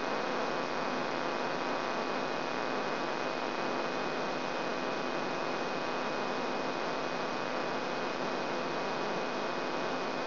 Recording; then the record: brain microelectrode recording played as sound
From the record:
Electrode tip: outside the subthalamic nucleus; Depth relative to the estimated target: 3 mm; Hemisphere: left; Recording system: AlphaMap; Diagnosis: Parkinson's disease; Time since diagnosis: 16 years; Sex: male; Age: 67 years